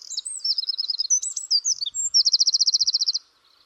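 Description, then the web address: Bird singing a quick jumble of high twitters and chirps, then a fast, even trill of bright repeated notes that stops abruptly. "cianscape birddata Deverinetal 2025"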